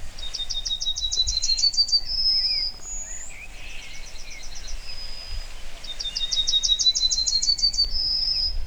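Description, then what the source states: Yellowhammer singing a high, fast trill of repeated notes ending in a longer drawn note, three phrases. Sung at forest edges and clearings on 16 July 2023, among the last songs of the season; song of several higher notes and one longer lower note, or the reverse.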